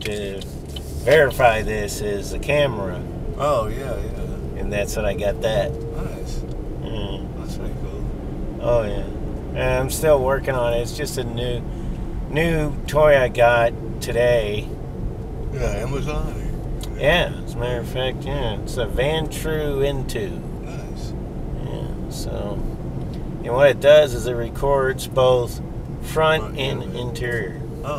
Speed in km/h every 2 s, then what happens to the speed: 24, 32, 39, 44, 48, 48, 45, 44, 44, 44, 44, 45, 42, 39.
0-8 speeds up to 48. 8-28 slows to 39.